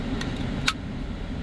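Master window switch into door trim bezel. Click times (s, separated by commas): 0.7 s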